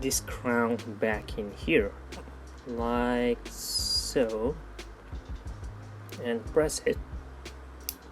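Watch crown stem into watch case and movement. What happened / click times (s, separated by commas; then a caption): A small stem clicked into place / 7.9 s. The crown stem of a G-Shock Mudmaster watch is pushed back into the watch case while the release button on the movement is held down, until it latches. Someone talks throughout, and a short, sharp click is heard at 7.9 s. The crown clicks into place and is seated.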